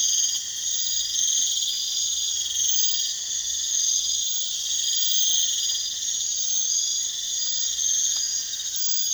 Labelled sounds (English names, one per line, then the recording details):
none
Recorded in pastures near Puerto Asís, Putumayo, Colombia, on 27 June 2025 at 03:00
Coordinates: 0.502, -76.324
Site G010